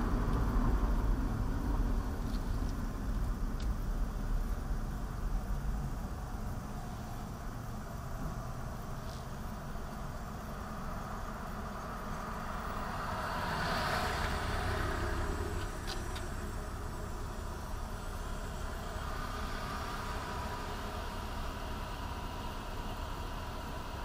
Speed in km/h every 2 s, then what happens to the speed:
23, 13, 8, 0, 0, 0, 0, 0, 0, 0, 0, 0.
0-6 brakes to 0. 6-24 standing.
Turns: none.